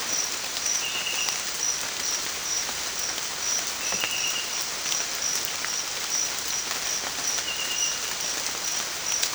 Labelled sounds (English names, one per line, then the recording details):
none
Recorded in dense forest near Puerto Asís, Putumayo, Colombia, on 27 June 2025 at 06:30
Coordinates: 0.468, -76.322
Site GP03